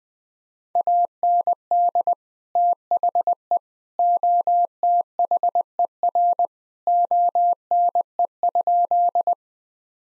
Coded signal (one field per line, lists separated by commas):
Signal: Morse code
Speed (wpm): 20 wpm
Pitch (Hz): 700 Hz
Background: none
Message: AND THE OTHER ONE?